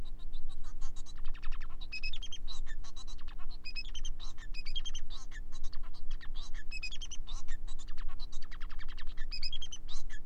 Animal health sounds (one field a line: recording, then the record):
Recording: song of a male Bengalese finch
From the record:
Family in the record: son of father 4